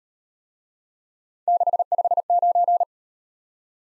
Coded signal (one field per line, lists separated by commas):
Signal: Morse code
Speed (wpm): 37 wpm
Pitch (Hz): 700 Hz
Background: none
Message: 659